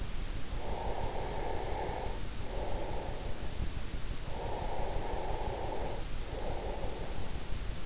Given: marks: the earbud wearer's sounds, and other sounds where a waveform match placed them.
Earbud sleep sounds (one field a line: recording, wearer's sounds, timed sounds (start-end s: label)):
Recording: sounds in sleep by an in-ear microphone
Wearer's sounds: breath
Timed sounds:
0.37-3.40 s: breath
4.03-7.86 s: breath